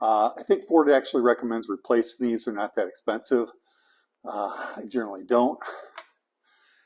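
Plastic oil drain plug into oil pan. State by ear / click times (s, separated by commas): seated / 6.0 s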